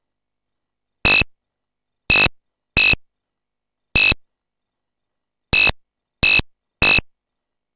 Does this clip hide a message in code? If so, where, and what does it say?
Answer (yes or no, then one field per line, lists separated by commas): no